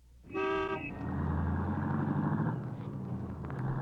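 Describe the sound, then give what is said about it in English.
A single short, loud car horn blast rings out with a bright, buzzy tone, followed by the steady rumble of a running engine and passing traffic. “Mr. and Mrs. Morgan are in their car now.”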